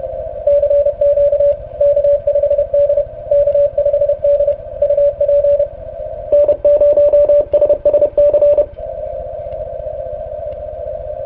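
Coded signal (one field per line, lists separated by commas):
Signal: Morse code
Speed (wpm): 30 wpm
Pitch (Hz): 580 Hz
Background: radio noise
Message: CQ K5D K5D UP N0SSC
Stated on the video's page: 30 meter CW on 10.106, trying to work a station that was neither weak nor on a bad band.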